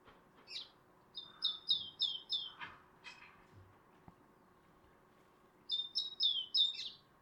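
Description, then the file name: Great tit song, rapid repeated high two-part notes in two bursts, with some other soft chirps and rustling between them. "Parus major"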